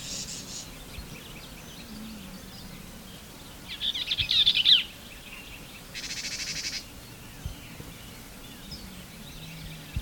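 Bell's vireo song: one quick, scratchy, jumbled phrase near the middle, followed by a short buzzy burst, over a steady low background hum.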